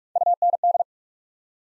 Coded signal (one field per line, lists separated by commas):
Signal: Morse code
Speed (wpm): 44 wpm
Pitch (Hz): 700 Hz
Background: none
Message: UND